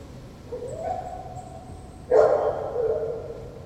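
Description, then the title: Dog howl: a thin steady tone held for over a second, then a louder, fuller howl that trails off. Dog in a patio at Corinthstraße, Friedrichshain, Berlin, Germany, 14 September 2012, recorded from an apartment bathroom window; barking and howling for hours. "Patio with howling dog (Corinthstraße Berlin, September 14th 2012)"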